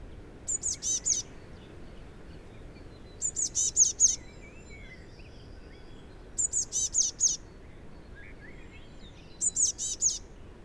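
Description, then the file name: Eurasian blue tit calls in four bursts of high, thin, slurred notes, five or so per burst, repeated about every three seconds, with soft lower chirps. "Cyanistes caeruleus"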